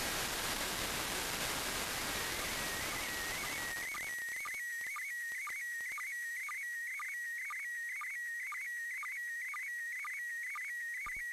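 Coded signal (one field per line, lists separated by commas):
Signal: SSTV (slow-scan television)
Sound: hiss for about 4 seconds, then a high steady tone with regular chirping blips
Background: radio static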